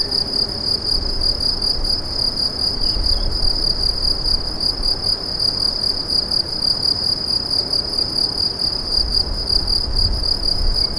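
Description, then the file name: Cricket chirping, a steady high pulsing trill that runs without pause throughout, over a low rumbling background hiss. "grillons"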